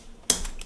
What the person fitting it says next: that's the clicking sound I'm waiting for.